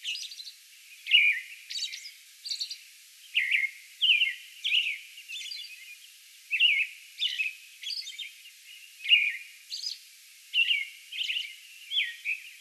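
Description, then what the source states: American robin song: clear, slurred whistled phrases with thin high squeaks between them, forming a continuous bout. Song bout recorded on May 11.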